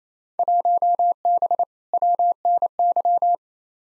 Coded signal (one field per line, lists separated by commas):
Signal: Morse code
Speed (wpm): 27 wpm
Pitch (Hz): 700 Hz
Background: none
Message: 1B WNY